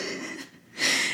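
A sleeping pug snores noisily indoors. A hissy, airy breath fades into a brief quiet, then a louder, rasping snort-like breath follows: the snuffling snore of a flat-faced dog in a small room.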